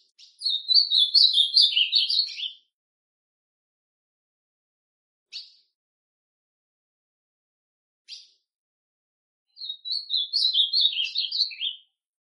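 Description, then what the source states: Ultramarine grosbeak song: two warbled whistled phrases several seconds apart, with a couple of sharp single call notes in the pause between them. Classic song style (canto clássico) of the Ultramarine grosbeak.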